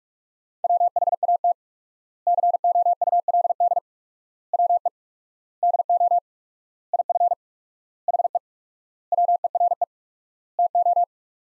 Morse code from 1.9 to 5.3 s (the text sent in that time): COULD WE